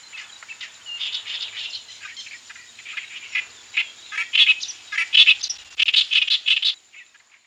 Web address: indian reed warbler